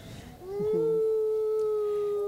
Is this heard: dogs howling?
yes